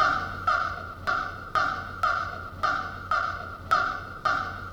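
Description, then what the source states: Bird giving harsh, nasal honking notes in a steady repeated series, each starting sharply and fading away, over a low steady hum. A single song unit.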